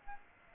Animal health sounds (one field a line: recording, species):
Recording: mosquito wingbeat signal from an infrared sensor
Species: Aedes albopictus